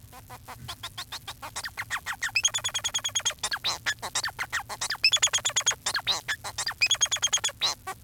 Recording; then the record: song of a male Bengalese finch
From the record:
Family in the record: son of father 4